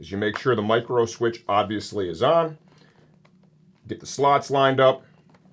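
Someone talks while lining up the slots of an airbag control unit, with its micro switch on, for its mount inside an RST V4.1 Evo Kangaroo airbag one-piece leather race suit. Faint handling noises are heard in a quiet gap between the talking. Nothing has seated or clicked yet.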